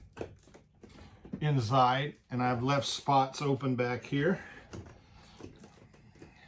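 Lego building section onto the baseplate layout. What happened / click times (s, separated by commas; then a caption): The plastic section is being handled but has not clicked into place / none. A Lego building section for an old west display is handled near its open spot along the train track, about to be pressed down onto the baseplate studs. Someone talks over a few faint handling taps and rustles. Nothing has seated or snapped into place yet.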